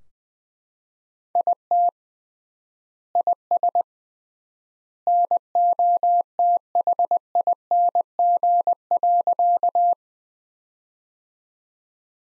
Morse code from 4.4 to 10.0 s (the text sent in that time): NOTHING.